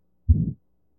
Aortic stenosis. Systolic murmur with an absent second heart sound.